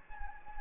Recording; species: mosquito wingbeat signal from an infrared sensor; Anopheles gambiae